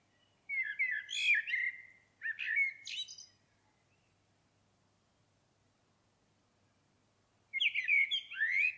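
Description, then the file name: Common blackbird song: two quick fluted phrases with squeaky high flourishes, then several seconds of silence before another warbled phrase begins. "Turdus merula"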